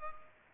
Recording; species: mosquito wingbeat signal from an infrared sensor; Culex pipiens